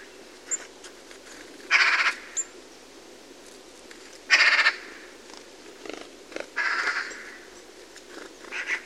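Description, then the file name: Eurasian magpie calling with loud, coarse, grating bursts, several spaced two or three seconds apart, with faint clicks and softer rasps between. "Pica pica"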